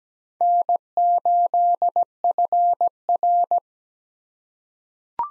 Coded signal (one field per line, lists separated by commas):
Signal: Morse code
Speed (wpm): 17 wpm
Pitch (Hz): 700 Hz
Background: none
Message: N8FR